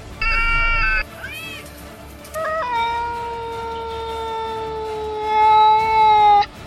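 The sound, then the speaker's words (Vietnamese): A black cat sitting on a stone tablet meows twice: a short, clear call, then after a pause a long, drawn-out, high-pitched meow that holds steady and swells louder just before it ends. “Không biết con mèo đen kia từ đâu đến, ngồi xổm trên một tấm bia đá mở to đôi mắt đỏ như máu âm u nhìn Triển Chiêu và Bạch Ngọc Đường.”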